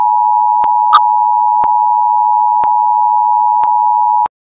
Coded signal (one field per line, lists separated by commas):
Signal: Emergency Alert System (SAME) tones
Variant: 853 and 960 Hz attention tone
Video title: Emergency Alert System The start of WW3....